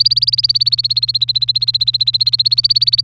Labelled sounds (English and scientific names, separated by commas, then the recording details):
Domestic Canary (Serinus canaria) song
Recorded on 3 May 2018 at 09:51
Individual llb3